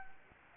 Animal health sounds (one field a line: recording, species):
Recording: mosquito wingbeat signal from an infrared sensor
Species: Anopheles gambiae